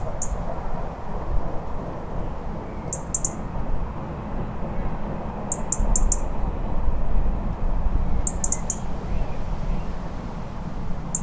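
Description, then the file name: European Robin giving short, very high ticking notes in clusters of two to four, spaced a few seconds apart, over a steady low rumble of background noise. "Erithacus rubecula - European Robin"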